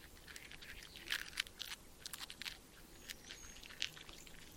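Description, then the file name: Beaver chewing: irregular crunchy bites and gnawing crackles in quick clusters. Beaver eating. "zvuk kogda bobr est"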